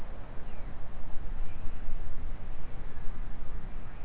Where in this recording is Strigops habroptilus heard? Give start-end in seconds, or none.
none